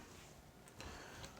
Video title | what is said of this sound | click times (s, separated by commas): UNBOXING LIVE! Samsung Galaxy Book Flex | just see what happens and it clicks I like that satisfying click on the s-pen | 0.8 s